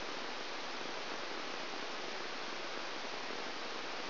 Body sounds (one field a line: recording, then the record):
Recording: brain microelectrode recording played as sound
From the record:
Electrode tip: outside the subthalamic nucleus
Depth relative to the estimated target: 4 mm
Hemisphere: right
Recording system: AlphaMap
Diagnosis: Parkinson's disease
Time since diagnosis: 12 years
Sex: female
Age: 56 years